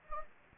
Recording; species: mosquito wingbeat signal from an infrared sensor; Anopheles gambiae